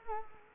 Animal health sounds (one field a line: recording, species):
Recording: mosquito wingbeat signal from an infrared sensor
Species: Culex quinquefasciatus